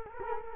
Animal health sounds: mosquito wingbeat signal from an infrared sensor; Culex quinquefasciatus

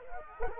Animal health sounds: mosquito wingbeat signal from an infrared sensor; Culex quinquefasciatus

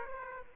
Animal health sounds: mosquito wingbeat signal from an infrared sensor; Aedes aegypti

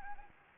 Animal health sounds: mosquito wingbeat signal from an infrared sensor; Anopheles arabiensis

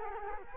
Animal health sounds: mosquito wingbeat signal from an infrared sensor; Culex quinquefasciatus

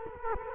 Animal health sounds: mosquito wingbeat signal from an infrared sensor; Culex quinquefasciatus

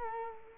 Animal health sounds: mosquito wingbeat signal from an infrared sensor; Culex quinquefasciatus

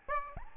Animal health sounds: mosquito wingbeat signal from an infrared sensor; Aedes albopictus

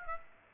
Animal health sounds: mosquito wingbeat signal from an infrared sensor; Aedes aegypti

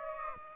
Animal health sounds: mosquito wingbeat signal from an infrared sensor; Aedes aegypti

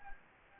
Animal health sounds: mosquito wingbeat signal from an infrared sensor; Anopheles gambiae

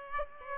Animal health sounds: mosquito wingbeat signal from an infrared sensor; Aedes aegypti

